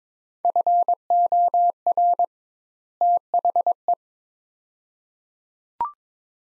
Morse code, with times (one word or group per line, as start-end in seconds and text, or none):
0.4-2.2 FOR
3.0-3.9 THE